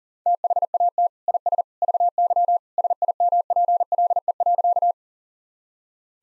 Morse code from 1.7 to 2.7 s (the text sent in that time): VY